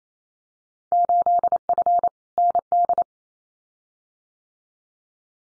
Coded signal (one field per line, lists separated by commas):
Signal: Morse code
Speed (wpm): 28 wpm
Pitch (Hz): 700 Hz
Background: none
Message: 8F ND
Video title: Field Day Exchange Encore 28wpm